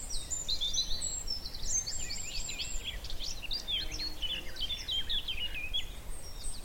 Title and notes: Sound escape: be enchanted by the little-known song of the garden warbler. a male garden warbler into his fluted song. Recorded by Fergus Collins, presented by Hannah Tribe